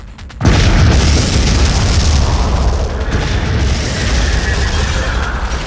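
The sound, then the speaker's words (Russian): A sudden loud explosion of explosive capsules thrown into a corridor bursts in after a brief quiet moment, followed by a sustained deep rumbling roar with crackling debris that lingers for several seconds without fading much. “Швырнув взрывчатку в коридор, женщина упала лицом на почву среди густых зарослей какого-то кустарника.”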